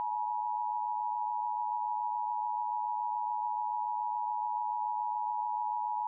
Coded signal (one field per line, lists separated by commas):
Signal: Emergency Alert System (SAME) tones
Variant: 853 and 960 Hz attention tone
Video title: EAS Scenario - Sonic EXE Nightmare Halloween Special